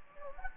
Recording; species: mosquito wingbeat signal from an infrared sensor; Anopheles gambiae